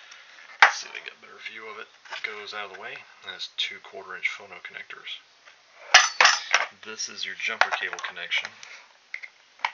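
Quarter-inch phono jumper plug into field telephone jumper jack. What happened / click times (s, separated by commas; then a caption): The plug is handled but not yet seated / none. A quarter-inch phono jumper cable plug is handled at the jumper connection jack of a German FF-OB/ZB field telephone. The jack sits under a teardrop-shaped plastic cover that swings out of the way. Someone talks throughout, with a few sharp handling knocks at about 0.6 s and 6.0 s, but the plug has not seated or snapped in yet.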